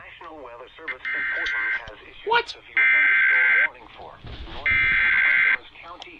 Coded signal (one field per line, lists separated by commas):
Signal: Emergency Alert System (SAME) tones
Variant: header bursts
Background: speech